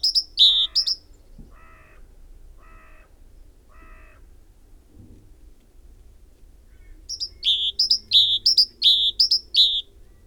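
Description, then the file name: Great tit song: high-low two-note phrases repeated rapidly, a pause with four lower, evenly spaced chirps, then another burst of the two-note song. "Parus major"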